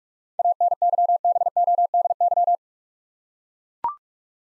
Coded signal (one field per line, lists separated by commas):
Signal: Morse code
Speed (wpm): 43 wpm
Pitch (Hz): 700 Hz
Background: none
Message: ANYBODY